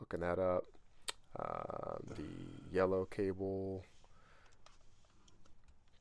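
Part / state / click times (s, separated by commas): yellow cable connector into radio head unit / seated / 4.7 s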